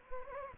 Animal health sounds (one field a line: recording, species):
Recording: mosquito wingbeat signal from an infrared sensor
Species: Anopheles gambiae